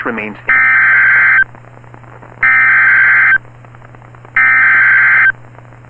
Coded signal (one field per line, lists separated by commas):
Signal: Emergency Alert System (SAME) tones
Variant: header bursts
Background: speech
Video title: EAS #1,898 Online NOAA Weather Radio Severe T’storm Warning #11 5/15/25